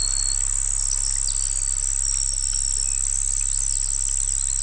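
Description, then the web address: Cricket song, an even, very high pulsed trill sustained throughout, with a low rhythmic hum beneath and occasional faint chirps. Crickets singing by a pond. "Dr Sound Effects. Crickets Singing By a Pond"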